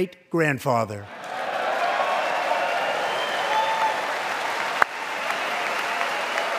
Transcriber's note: applause